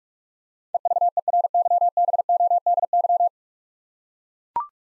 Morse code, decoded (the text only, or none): EVERYBODY